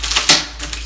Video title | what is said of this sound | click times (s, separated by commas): Snap to Vent Straight Instructional Video | it into place wait to hear that click and it is there we go should be sturdy | 0.7 s